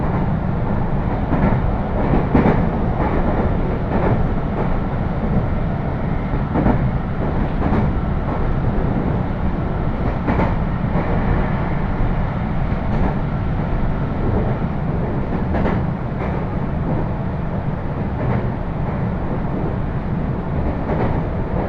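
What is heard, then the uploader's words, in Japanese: A ride aboard a train on the Meitetsu Hiromi Line from Inuyama toward Shin-Kani, with a steady, dense low rumble throughout. Brief sharp clicks and knocks from the wheels and car recur every second or two, while the overall loudness stays even. 犬山から普通列車に乗り換えて新可児まで行きます。新可児までは複線区間なので単線のような行き違い停車はありません。鉄道旅 名古屋鉄道広見線 犬山→新可児。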